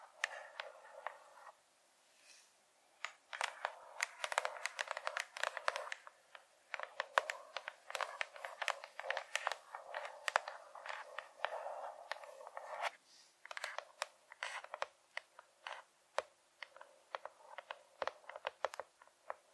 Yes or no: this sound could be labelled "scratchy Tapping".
yes